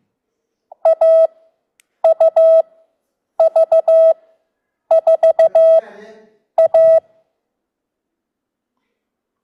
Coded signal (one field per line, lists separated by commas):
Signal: Morse code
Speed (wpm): 15 wpm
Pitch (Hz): 650 Hz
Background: none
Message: A U V 4 A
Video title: CW Classes for ASOC with TARRL Session - 3 (Introduction to NDB6)